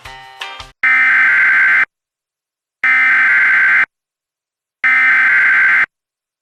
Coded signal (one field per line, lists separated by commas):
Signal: Emergency Alert System (SAME) tones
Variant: header bursts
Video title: EAS Reenactment Mock: Tornado Emergency for Montgomery County, OH - 05/27/2019